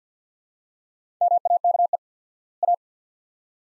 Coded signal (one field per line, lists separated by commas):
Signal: Morse code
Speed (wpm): 50 wpm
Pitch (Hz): 700 Hz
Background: none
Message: MAKE A